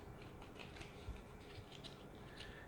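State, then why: Not seated. The plastic battery cover of an under-cabinet lighting remote is lined up along its groove on the remote housing before being slid back on. Only faint handling ticks are heard, with small ones near 0.6 s and 1.8 s. The cover has not snapped into place yet.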